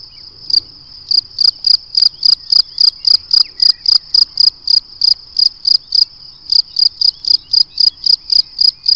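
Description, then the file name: Cricket chirping, short high pulses repeated almost four times a second in a long series. "Le chant du grillon"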